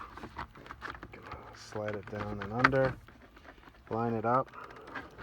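A matching plastic dash trim piece is slid down and under and lined up against the dashboard around the infotainment unit of a Mazda CX-3/CX-5 during an Apple CarPlay installation. Someone talks over light plastic taps and handling noises. Nothing has seated or clicked into place yet.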